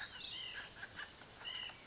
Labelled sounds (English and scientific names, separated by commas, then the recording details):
White-breasted Nuthatch (Sitta carolinensis)
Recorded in Sonoma County, California